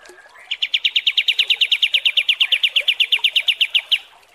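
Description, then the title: Kapas tembak song: a single rhythmic trill of clear repeated notes, held steady for over three seconds. Masteran (tutor song) for training cage birds, described as mewah (luxurious). "Masteran Kapas Tembak Mewah"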